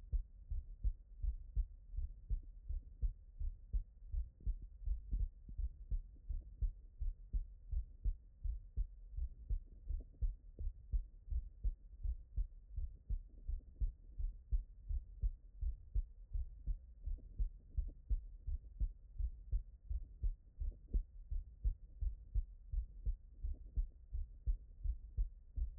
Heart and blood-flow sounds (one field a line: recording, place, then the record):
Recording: heart sounds by stethoscope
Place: tricuspid valve (TV)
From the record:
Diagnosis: non-HFrEF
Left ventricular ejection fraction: 64%